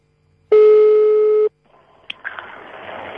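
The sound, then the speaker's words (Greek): A single steady, loud telephone ringing tone on the line, a low buzzy beep lasting about a second, followed by a sharp click and a rush of line hiss. “Σας παρακαλώ, είμαι πολύ ώρα στο τηλέφωνο.”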